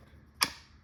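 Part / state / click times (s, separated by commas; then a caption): bolt in a less-lethal launcher / released / 0.4 s. A stuck bolt in a Milsig G3LL less-lethal launcher is rocked until it comes free, giving a single sharp click at 0.4 s. The bright, broadband click rises above a quiet background and decays quickly. The bolt is released.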